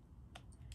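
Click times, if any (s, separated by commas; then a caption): 0.4 s. A bristle-length collar on an adjustable makeup brush handle is slid into its "mid" position and clicks sharply at 0.4 s, followed by two softer clicks at about 0.5 s and 0.7 s. The click means the collar has seated and the brush is locked at that setting.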